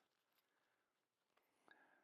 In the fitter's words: snap into place yeah bam